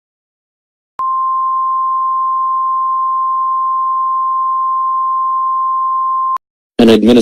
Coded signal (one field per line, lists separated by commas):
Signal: Emergency Alert System (SAME) tones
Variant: 1050 Hz attention tone